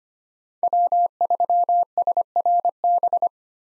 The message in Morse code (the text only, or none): W3SRB